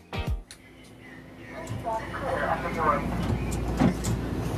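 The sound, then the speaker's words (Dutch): Steady low rumble and whir of a driverless metro train in motion, running from the San Francisco airport to a rental car pickup, with faint murmuring voices mixed in and a brief thump at the very start. “We zitten na een vlucht van 11 uur in een zelfrijdende metro aan de andere kant van de wereld.”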